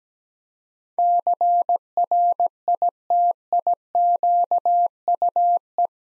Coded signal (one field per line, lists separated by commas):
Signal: Morse code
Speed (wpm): 17 wpm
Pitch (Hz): 700 Hz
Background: none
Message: CRITIQUE